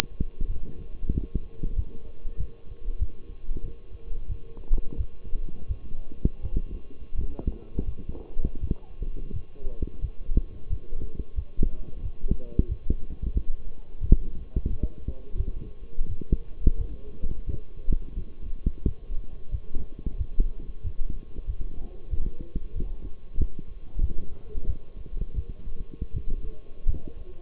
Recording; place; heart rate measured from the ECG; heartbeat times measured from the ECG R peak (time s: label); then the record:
heart sounds by stethoscope; between the tricuspid and mitral areas; 89 bpm
0.47 s: heartbeat
1.12 s: heartbeat
1.75 s: heartbeat
2.37 s: heartbeat
2.99 s: heartbeat
3.62 s: heartbeat
4.28 s: heartbeat
4.97 s: heartbeat
5.67 s: heartbeat
6.41 s: heartbeat
7.15 s: heartbeat
7.86 s: heartbeat
8.60 s: heartbeat
9.32 s: heartbeat
10.01 s: heartbeat
10.69 s: heartbeat
11.35 s: heartbeat
12.01 s: heartbeat
12.68 s: heartbeat
13.33 s: heartbeat
14.00 s: heartbeat
14.69 s: heartbeat
15.37 s: heartbeat
16.07 s: heartbeat
16.77 s: heartbeat
17.46 s: heartbeat
18.15 s: heartbeat
18.84 s: heartbeat
19.51 s: heartbeat
20.17 s: heartbeat
20.83 s: heartbeat
21.46 s: heartbeat
22.10 s: heartbeat
22.74 s: heartbeat
23.37 s: heartbeat
24.01 s: heartbeat
24.66 s: heartbeat
25.35 s: heartbeat
26.12 s: heartbeat
26.86 s: heartbeat
From the record:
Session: walking at 3.7 km/h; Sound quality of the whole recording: partially saturated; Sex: male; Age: 24 years